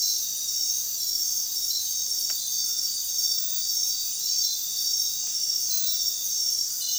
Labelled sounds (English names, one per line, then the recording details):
none
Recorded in dense forest near Puerto Asís, Putumayo, Colombia, on 20 February 2024 at 02:30
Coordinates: 0.466, -76.327
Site G6413